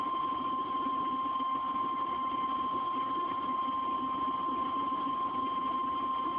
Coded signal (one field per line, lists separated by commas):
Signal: Emergency Alert System (SAME) tones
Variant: 1050 Hz attention tone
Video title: my EAS alerts from #3 to #11 Severe Thunderstorm Warning